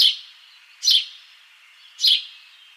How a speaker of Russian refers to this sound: Я что могу сказать по своему просто полевому опыту, что на самом деле голос трясогузки, мне кажется, похож на чириканье воробья.